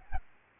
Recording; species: mosquito wingbeat signal from an infrared sensor; Aedes albopictus